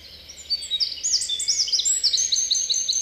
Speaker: Peukaloisen laulu on linnun kokoon nähden uskomattoman voimakas.